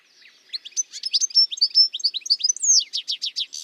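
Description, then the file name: European goldfinch singing a continuous fast, tinkling twitter of high varied notes, a slurred descending note, then a quick run of repeated chirps. "life dviete. carduelis carduelis"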